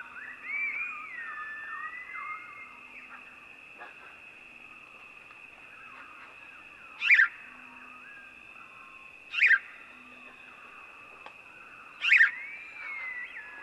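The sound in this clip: House sparrow chirping: after a quiet start with a wavering tone, three clipped, sharp cheeps come about two to three seconds apart, over a steady high whine.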